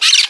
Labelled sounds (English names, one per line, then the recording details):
Brown-throated Parakeet contact call
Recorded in Margarita
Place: San Francisco, near stadium
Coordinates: 11.018, -64.294